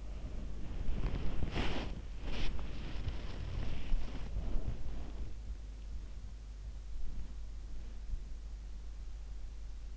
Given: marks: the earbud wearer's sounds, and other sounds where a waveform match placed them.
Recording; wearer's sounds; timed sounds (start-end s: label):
sounds in sleep by an in-ear microphone; body movement
0.00-5.84 s: body movement